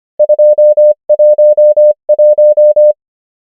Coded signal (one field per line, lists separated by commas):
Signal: Morse code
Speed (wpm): 25 wpm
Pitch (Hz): 600 Hz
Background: none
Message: 2 1 1